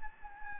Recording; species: mosquito wingbeat signal from an infrared sensor; Anopheles gambiae